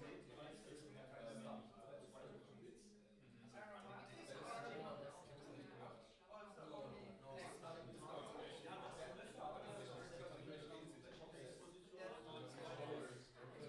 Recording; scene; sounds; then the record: everyday scene through a hearing-aid microphone; many people talking; many voices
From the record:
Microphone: in the ear canal, left